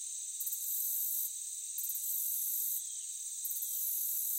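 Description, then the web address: Crickets in a high chorus, with a few long buzzy trills separated by short pauses over a constant thin shrilling. Meadow ambience. "Blastwave AMBIENCE Meadow Crickets"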